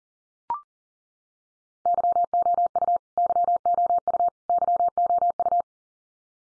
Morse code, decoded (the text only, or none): YOU YOU YOU